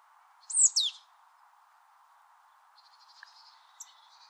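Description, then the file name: Marsh tit giving one quick call, a paired high note that drops sharply in pitch, then faint thin sounds over a constant background hum. "Poecile palustris"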